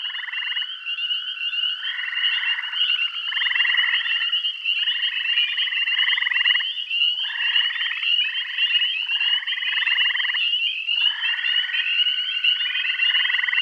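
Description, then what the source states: Frogs calling in chorus: overlapping buzzy pulsed trills, each lasting about a second, with a steady high drone running throughout. Bath County.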